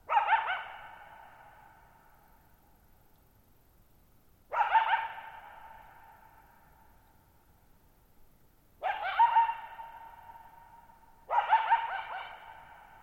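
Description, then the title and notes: Coyote producing four coarse barks spaced several seconds apart, each leaving a slow, drawn-out echo in an otherwise silent setting. Lone coyote at night, July 14, 2019, Thirtymile Meadows, Okanogan National Forest, Okanogan High Country, Pacific Northwest, 6400 ft (1950 m), high dry plateau; shallow bowl-shaped meadow. "Lone Coyote at Thirtymile Meadows. I spent the night of July 14, 2019, camped near Thirtymile Meadows in the Okanogan National Forest at 6400 ft (1950 m)"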